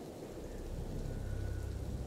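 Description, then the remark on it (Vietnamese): Steady rain hisses across the whole clip while a low thunder rumble swells beneath it, growing heavier toward the end. No voices are heard. “Vào nhà đi con, trời sắp mưa rồi.”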